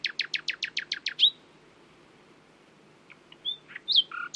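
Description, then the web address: Common nightingale song: a fast series of sharp descending notes, a pause, then soft varied chirps and whistles. "owen Common Nightingale (Luscinia megarhynchos)"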